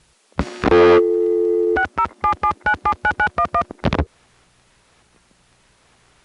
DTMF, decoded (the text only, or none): 6077979911